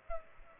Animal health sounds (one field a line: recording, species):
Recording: mosquito wingbeat signal from an infrared sensor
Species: Aedes aegypti